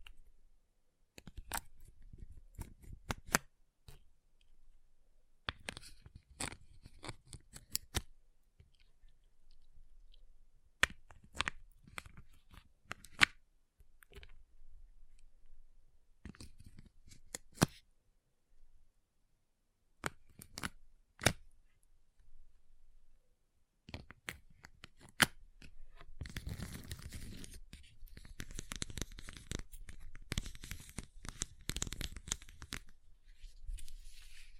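Ice being tapped, scratched and carved, heard as sharp clicks and short scraping bursts spaced irregularly across the first twenty-five seconds, with quiet gaps between. Near the end the scraping becomes denser and more continuous, a rough grinding carve that lasts several seconds.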